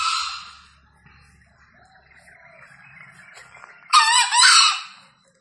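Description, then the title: Green junglefowl: the tail of one harsh crow, a quiet gap with faint low rumbling, then a loud, rasping two-part crow. Wild green junglefowl, released free, calling persistently from up in a tree; used as a lure for junglefowl. "Panggilan Ayam Hutan Liar. Ayam Hutan Hijau Dilepas Bebas n Bunyi Gacor Diatas Pohon"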